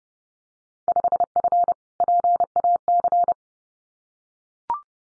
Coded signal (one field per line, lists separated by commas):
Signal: Morse code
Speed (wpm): 30 wpm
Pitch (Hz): 700 Hz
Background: none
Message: 5F PAC